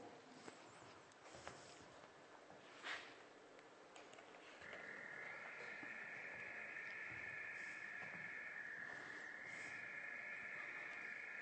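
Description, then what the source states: European nightjar churring: a continuous mechanical trill that starts partway through and runs steadily to the end. Played example.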